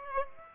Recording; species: mosquito wingbeat signal from an infrared sensor; Aedes aegypti